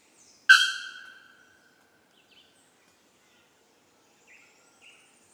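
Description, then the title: Unidentified bird giving one loud, ringing harmonic note that fades over about a second, followed by a few faint, short chirps later. Birds singing in tropical forest on Ilha Grande, Brazil; species not identified. "Oiseaux à Ilha grande"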